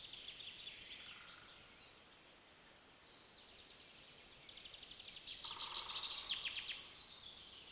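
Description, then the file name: Common chaffinch song: a faint phrase at the start, then a louder rattle of rapid repeated notes, with a soft low hum near the start and another beneath the rattle. "Fringilla coelebs"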